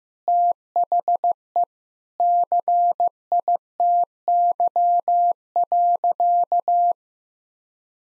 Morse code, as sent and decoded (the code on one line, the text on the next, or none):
- .... . / -.-. .. - -.-- .-.-.-
THE CITY.